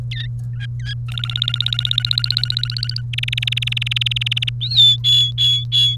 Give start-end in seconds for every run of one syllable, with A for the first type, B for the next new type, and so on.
0.11-0.27 A, 0.53-0.93 B, 1.08-3.01 C, 3.13-4.49 D, 4.62-5.96 E